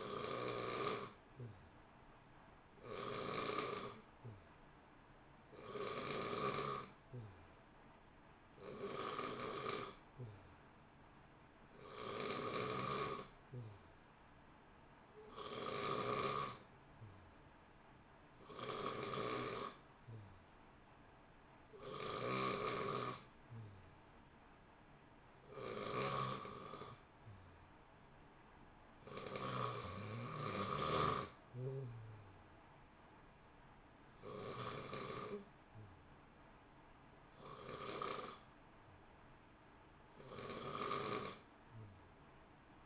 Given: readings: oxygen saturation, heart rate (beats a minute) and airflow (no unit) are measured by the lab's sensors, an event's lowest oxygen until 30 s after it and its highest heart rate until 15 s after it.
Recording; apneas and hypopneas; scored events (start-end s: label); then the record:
breathing in sleep by a voice recorder at the bedside; none
none scored
From the record:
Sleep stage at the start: N3 (deep sleep); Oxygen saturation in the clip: 89 to 90%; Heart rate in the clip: 59 to 64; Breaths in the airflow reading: 14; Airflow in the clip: -0.8 to 1.2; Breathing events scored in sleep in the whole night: 328 in 6.3 hours asleep